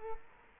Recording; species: mosquito wingbeat signal from an infrared sensor; Culex quinquefasciatus